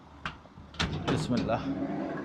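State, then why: Not seated. In the rear cabin of a brand-new December 2024 Suzuki Bolan van, a seat or panel latch that was opened to show the cabin space is being pushed back into place. Someone talks briefly, a sharp knock lands at about 0.3 s, and handling and rubbing noises follow from about 0.7 s to the end. Nothing has seated or clicked yet.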